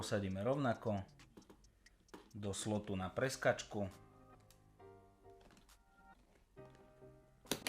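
A second RAM memory module is installed the same way into the alternate slot on the motherboard, while someone talks and music plays softly in the background. Two loud clicks at 7.5 s and 7.7 s mark the plastic retention clips locking, and the module is seated.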